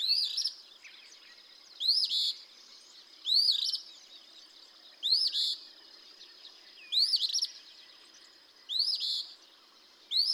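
Eastern phoebe giving hooked, rising notes that break into raspy buzzes, repeated every one to two seconds, with a soft constant high-pitched drone.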